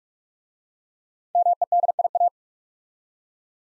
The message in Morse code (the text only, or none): MEDIA